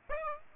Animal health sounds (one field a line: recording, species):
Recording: mosquito wingbeat signal from an infrared sensor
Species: Aedes aegypti